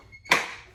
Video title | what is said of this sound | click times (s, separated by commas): How To: Back To School Kids Clothes Plastic Drawer Organizer using Printable Vinyl - For Beginners | And just click all of these into place. | 0.3 s